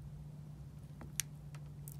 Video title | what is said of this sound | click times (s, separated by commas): Ford F150 license plate light turning on and off flashing - cheap fix! STEP-BY-STEP | you heard a positive click when I press this up in there you could hear that positive response as this locked and clicked on alright | 1.2 s